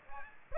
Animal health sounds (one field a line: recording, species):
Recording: mosquito wingbeat signal from an infrared sensor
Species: Aedes aegypti